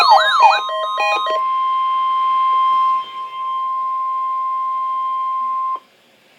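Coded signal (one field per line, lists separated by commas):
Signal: Emergency Alert System (SAME) tones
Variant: 1050 Hz attention tone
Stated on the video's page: Real Required Weekly Test.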